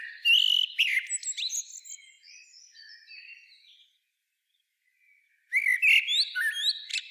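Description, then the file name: Common blackbird song, a rich fluted phrase breaking into a long trailing twitter, silence, then another loud warbled phrase with squeaky high notes. "Turdus merula"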